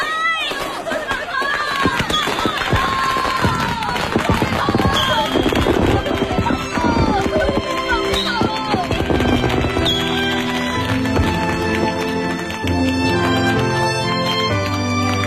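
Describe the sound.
Strings of firecrackers set off for Chinese New Year pop and crackle in rapid, dense bursts, loud and nearly continuous for the whole stretch, with voices calling out and a melody rising underneath in the later part.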